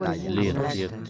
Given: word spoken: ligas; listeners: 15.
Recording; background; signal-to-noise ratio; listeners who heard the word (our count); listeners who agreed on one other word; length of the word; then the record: one Spanish word in noise, from a listening test; four-talker babble; -1.1 dB; 5 of 15; 7 of 15; 0.70 s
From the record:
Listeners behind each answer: 7, 5, 1, 1, 1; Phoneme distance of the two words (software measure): 10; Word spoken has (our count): 2 syllables, 5 phonemes, stress on syllable 1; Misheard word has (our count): 2 syllables, 5 phonemes, stress on syllable 1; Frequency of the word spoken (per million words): 9.24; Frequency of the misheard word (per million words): 0.20